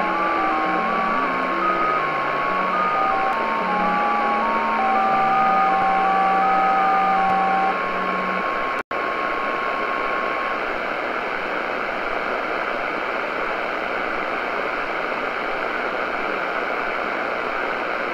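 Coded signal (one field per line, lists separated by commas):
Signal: JT65, JT9 or WSPR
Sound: steady tones stepping slowly in pitch for nine seconds, then hiss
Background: radio static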